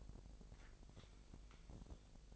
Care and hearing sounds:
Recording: daily activity, microphone in the room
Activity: take from stove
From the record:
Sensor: 5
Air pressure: 999.5 hPa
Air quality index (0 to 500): 221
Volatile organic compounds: 20 ppm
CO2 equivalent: 2699 ppm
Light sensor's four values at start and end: 30/68/28/28 and 32/72/29/29

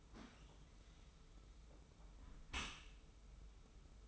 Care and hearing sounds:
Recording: daily activity, microphone in the room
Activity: close dishwasher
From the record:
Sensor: 1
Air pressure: 991.3 hPa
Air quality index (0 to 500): 123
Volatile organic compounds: 253 ppm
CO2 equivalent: 4369 ppm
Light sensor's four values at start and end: 41/127/50/52 and 41/127/50/52

